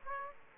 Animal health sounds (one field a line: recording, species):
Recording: mosquito wingbeat signal from an infrared sensor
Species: Aedes aegypti